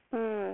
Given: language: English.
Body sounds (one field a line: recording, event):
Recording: throat vibration sensor signal played as sound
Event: speech